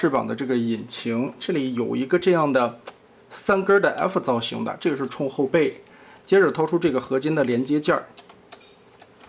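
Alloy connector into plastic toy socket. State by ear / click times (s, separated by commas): seated / 8.5 s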